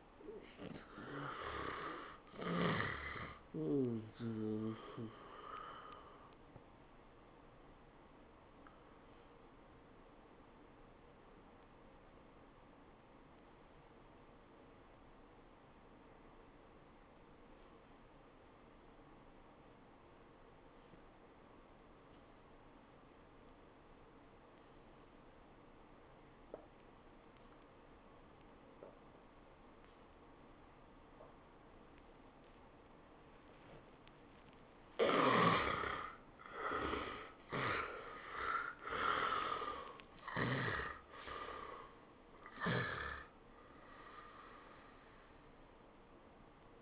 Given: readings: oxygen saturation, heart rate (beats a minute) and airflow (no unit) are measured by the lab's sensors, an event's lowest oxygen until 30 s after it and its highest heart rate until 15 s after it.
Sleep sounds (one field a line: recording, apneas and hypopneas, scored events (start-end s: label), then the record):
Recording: breathing in sleep by a voice recorder at the bedside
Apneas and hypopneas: 1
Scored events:
11.00-35.60 s: obstructive apnea (N2, oxygen 97% highest, then 72% lowest, heart rate 80 at the start, 103 highest)
23.00-46.82 s: new sleep stage, N1 (lightest sleep)
From the record:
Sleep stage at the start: N2 (light sleep)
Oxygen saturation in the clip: 75 to 97%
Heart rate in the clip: 78 to 103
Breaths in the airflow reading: 5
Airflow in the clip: -22.4 to 13.9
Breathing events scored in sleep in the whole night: 403 in 5.5 hours asleep